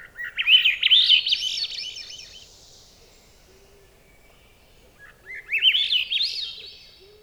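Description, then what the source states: Swainson's thrush song: two ascending spirals of fluting, rolling phrases climbing in pitch, one at the start and another after a pause of about three seconds. Subspecies ustulatus.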